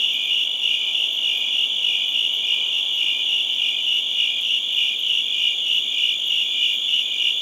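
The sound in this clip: Crickets chirping in a dense, continuous high-pitched chorus, the pulsing trill steady and unbroken throughout with faint higher overtones above.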